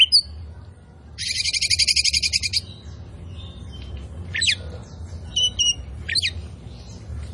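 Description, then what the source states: Oriental magpie-robin song: a loud buzzy rattling phrase, then clear slurred whistles and short sharp notes, over a low background hum. Kacer poci form, singing vigorously ('gacor').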